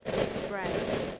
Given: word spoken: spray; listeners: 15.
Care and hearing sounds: one English word in noise, from a listening test; noise modulated by three-talker babble; -7.8 dB; 3 of 15; 6 of 15; 0.80 s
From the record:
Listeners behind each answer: 6, 3, 2, 1, 1, 1, 1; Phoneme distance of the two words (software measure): 17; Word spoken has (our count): 1 syllable, 4 phonemes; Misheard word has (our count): 1 syllable, 5 phonemes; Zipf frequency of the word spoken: 3.98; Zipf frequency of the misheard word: 4.62

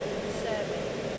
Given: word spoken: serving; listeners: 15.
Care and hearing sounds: one English word in noise, from a listening test; speech-shaped noise; -6.3 dB; 2 of 15; 6 of 15; 0.78 s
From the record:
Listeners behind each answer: 6, 2, 2, 2, 2, 1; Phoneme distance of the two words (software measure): 17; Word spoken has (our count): 2 syllables, 5 phonemes, stress on syllable 1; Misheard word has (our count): 2 syllables, 4 phonemes, stress on syllable 2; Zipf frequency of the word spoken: 4.45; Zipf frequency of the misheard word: 4.28

